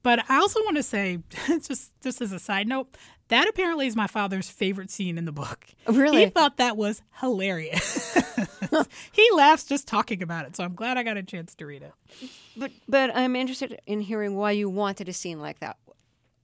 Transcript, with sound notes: But I also want to say, just as a side note, that, apparently, is my father's favorite scene in the book.
Really?
He thought that was hilarious.
(LAUGHTER)
He laughs just talking about it. So I'm glad I got a chance to read it.
But I'm interested in hearing why you wanted a scene like that